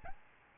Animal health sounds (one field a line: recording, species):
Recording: mosquito wingbeat signal from an infrared sensor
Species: Aedes albopictus